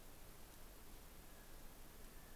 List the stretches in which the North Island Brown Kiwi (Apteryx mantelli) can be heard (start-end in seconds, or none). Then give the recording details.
1.02-2.35. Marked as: faintness 3/5. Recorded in New Zealand on 11 December 2011. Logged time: 00:43. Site DD66